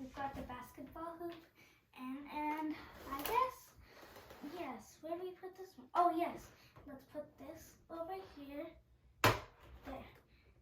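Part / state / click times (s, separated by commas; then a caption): plastic basketball hoop part into toy frame / seated / 9.2 s. A plastic basketball hoop part is pushed into its socket on a Vtech Smart Shots Sports Center toy frame while someone talks. It seats with one loud, sharp snap at 9.2 s.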